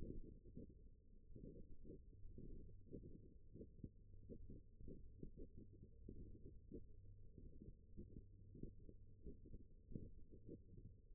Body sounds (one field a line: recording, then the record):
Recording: forearm muscle sounds (acoustic myography)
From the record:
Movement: thumb flexion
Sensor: system 1, eight BSWA MPA416 microphones around the upper forearm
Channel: 7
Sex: female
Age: 21 years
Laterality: right